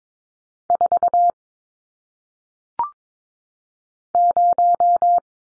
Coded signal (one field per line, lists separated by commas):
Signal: Morse code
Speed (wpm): 22 wpm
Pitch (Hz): 700 Hz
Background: none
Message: 4 0